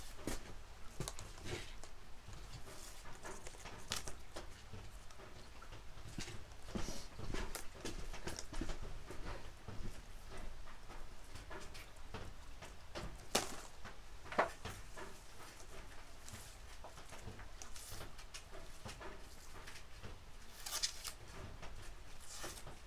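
Harvested green onions being trimmed and prepared, with frequent sharp rustles, snaps and peeling sounds scattered irregularly throughout. A steady low hum runs underneath, and a few louder crisp snaps stand out around the middle and near the end.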